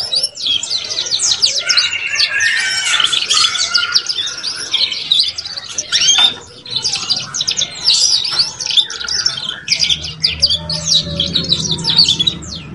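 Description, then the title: Canary song, continuous high chattering trills and chirps, with a low rumble late. Canary song used to warm up Belgian canaries and stimulate young canaries to start singing quickly and chatter. "Canto Para Esquentar Canário Belga. SUARA KENARI PAUD CUIT CUIT BELAJAR BUNYI - pancingan kenari paud muda agar cepat bunyi dan ngeriwik"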